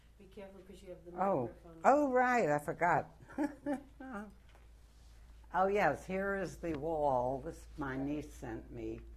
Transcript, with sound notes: Be careful because you have the microphone.
Oh, right. I forgot. [Laughs] Oh, yes, here is the wall. This my niece sent me.